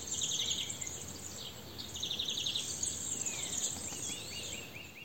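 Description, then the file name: European greenfinch trilled calls, a few fast note bursts, followed by a run of short rising-falling whistled notes from another bird, over steady high-pitched hiss. "Chloris chloris"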